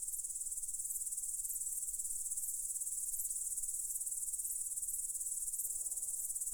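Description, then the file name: Cricket chorus of shrill, rapidly pulsed trilling held continuously throughout, over a soft low background hum. "cvrcci"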